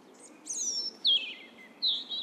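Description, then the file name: European robin: a few thin, high whistled notes, each sliding downward, over soft background hiss. "Erithacus rubecula"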